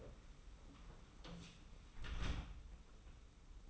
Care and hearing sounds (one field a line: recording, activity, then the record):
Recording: daily activity, microphone in the room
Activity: close door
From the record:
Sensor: 1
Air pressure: 991.6 hPa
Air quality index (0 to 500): 129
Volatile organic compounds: 379 ppm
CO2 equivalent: 4636 ppm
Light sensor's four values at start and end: 33/108/42/43 and 33/109/42/43